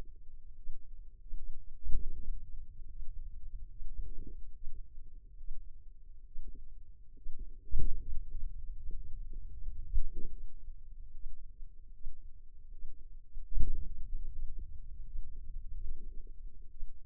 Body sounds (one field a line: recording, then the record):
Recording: forearm muscle sounds (acoustic myography)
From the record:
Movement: finger pinch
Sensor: system 2, bracelet of six BSWA MPA416 microphones around the upper forearm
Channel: 2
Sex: female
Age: 25 years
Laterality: right